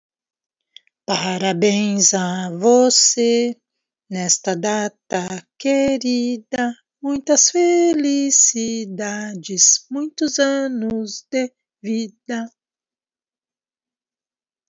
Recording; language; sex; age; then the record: short text; Brazilian Portuguese; female; 50 to 59 years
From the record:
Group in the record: control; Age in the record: 54 years